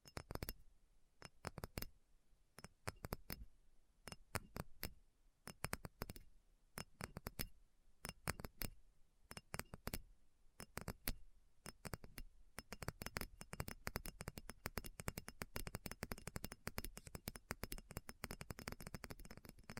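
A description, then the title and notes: Crisp, bright tapping comes in irregular bursts of quick clicks, growing denser and faster after about twelve seconds over a faint steady hiss. ASMR Addictive Tapping. (No Talking).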